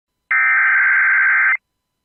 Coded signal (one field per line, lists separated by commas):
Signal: Emergency Alert System (SAME) tones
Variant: header bursts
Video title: Another SC TOR EAS #343